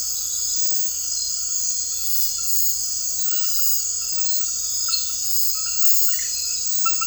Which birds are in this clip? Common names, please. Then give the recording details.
none. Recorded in dense forest near Puerto Asís, Putumayo, Colombia, on 19 February 2024 at 01:00. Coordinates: 0.484, -76.317. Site G6464